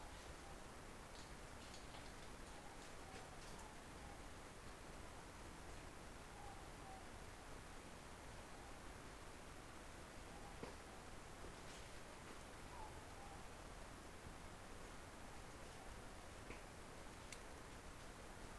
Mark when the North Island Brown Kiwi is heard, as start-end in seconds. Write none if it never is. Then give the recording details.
none. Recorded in New Zealand on 16 November 2013. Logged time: 21:44. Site BS16